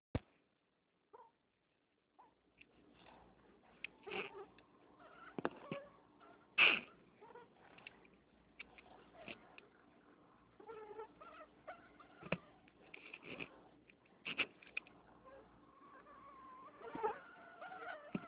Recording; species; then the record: mosquito flight sound by mobile phone; Anopheles freeborni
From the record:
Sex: mixed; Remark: in a cage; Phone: Nokia 6555B